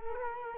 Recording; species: mosquito wingbeat signal from an infrared sensor; Culex quinquefasciatus